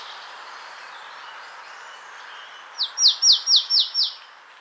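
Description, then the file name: Marsh tit: after nearly three seconds of quiet hiss, one brisk series of six clear, high notes, each dropping in pitch. "Poecile palustris"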